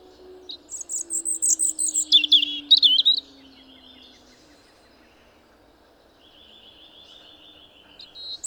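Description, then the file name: European robin giving a quick burst of high, sweet twittering notes, then a pause before a softer, thinner phrase begins; a faint low droning tone runs beneath the first phrase. "Erithacus rubecula"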